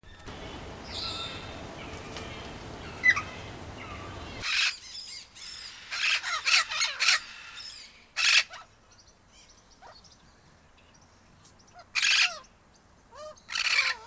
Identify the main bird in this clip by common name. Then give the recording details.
Vinaceous-breasted Amazon. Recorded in captivity. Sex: pair. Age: adult. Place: Tiergarten Wilhelma/Stuttgart, Baden-Württemberg, DE. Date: 2000-09-22 18:47. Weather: bedeckt, 15°C. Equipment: Nagra SN, Kopie Uher 4000 Report Monitor. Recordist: Tembrock, Günter